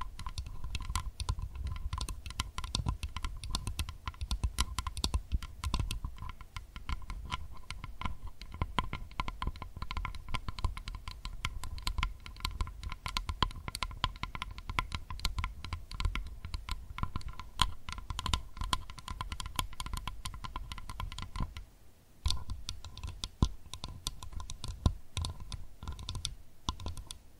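Rapid, dense tapping like fast keyboard typing runs almost nonstop, with a steady low hum underneath and a brief pause near 22 seconds.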